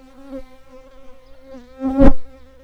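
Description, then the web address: Shrill carder bee workers buzzing with a steady humming drone that swells into a louder, brief burst near the end before easing back. "Sylvarum workers"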